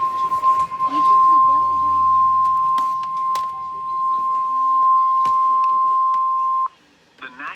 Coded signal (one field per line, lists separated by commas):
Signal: Emergency Alert System (SAME) tones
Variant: 1050 Hz attention tone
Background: speech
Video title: EAS Severe Thunderstorm Warning on NOAA Weather Radio KIG76 Evansville, IN - 7-26-26